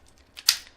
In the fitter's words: I heard a good snap.